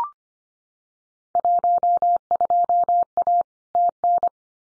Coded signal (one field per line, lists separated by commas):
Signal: Morse code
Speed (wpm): 25 wpm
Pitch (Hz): 700 Hz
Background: none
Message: 12A TN